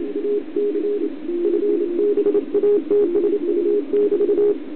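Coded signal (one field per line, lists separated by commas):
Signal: Morse code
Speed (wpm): 26 wpm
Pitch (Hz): 410 Hz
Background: radio noise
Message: AC FBATSU<BT>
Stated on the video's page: CW transmitted from an FT-2000D in semi break-in mode with minimum delay, with very quiet T/R switching.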